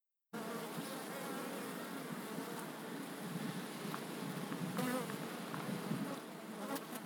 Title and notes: Langel, Köln, Deutschland - Bienen im Februar. Bees in February. Bei 16°C fliegen die Bienen auch im Februar, um Haselnusspollen zu sammeln